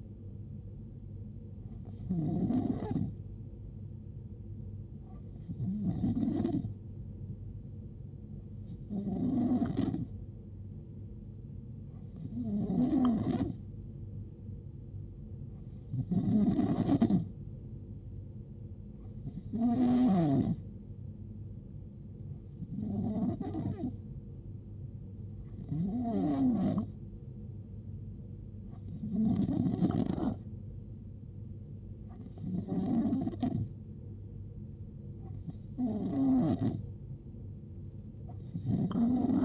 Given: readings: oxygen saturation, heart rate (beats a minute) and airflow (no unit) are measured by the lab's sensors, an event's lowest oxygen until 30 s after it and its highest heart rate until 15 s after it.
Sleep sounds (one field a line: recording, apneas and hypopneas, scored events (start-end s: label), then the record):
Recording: breathing in sleep by a smartphone at the bedside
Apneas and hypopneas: none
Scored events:
none scored
From the record:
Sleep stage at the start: N2 (light sleep)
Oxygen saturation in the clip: 90 to 91%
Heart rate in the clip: 63 to 76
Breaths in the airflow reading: 12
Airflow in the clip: -7.4 to 5.9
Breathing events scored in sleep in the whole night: 389 in 6.3 hours asleep